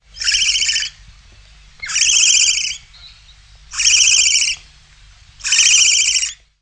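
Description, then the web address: Bird giving harsh, rasping calls, each lasting about a second, repeated four times roughly every one and a half to two seconds, with a quiet background between them. "Eyewitness Birds"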